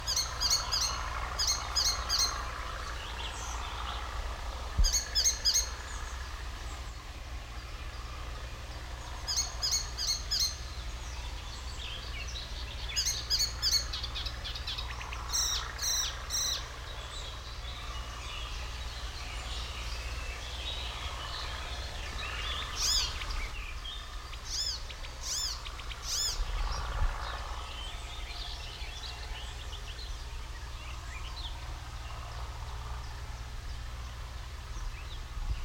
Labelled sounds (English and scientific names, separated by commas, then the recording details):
Icterine Warbler (Hippolais icterina)
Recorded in the wild
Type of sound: call, call sequence
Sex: male
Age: adult
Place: Kremmen, Brandenburg, DE
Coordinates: 52.76, 13.03
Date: 1995-06-03 15:04
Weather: heiter, 18-20°C
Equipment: Marantz CP 430, Sennheiser ME 80, Kopie Uher 4000 Report Monitor
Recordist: Tembrock, Günter
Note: Am See: Gesang, kurz